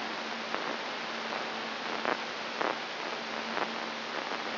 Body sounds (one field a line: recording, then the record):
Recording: brain microelectrode recording played as sound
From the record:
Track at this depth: inside the subthalamic nucleus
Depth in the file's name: 3.542 mm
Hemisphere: right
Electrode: 3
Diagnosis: Parkinson's disease